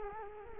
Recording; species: mosquito wingbeat signal from an infrared sensor; Culex quinquefasciatus